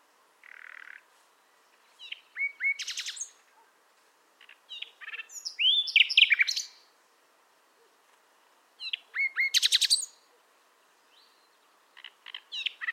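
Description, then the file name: Common nightingale singing varied phrases, with a harsh note, repeated whistles and rapid loud notes, pausing between phrases. "Luscinia megarhynchos"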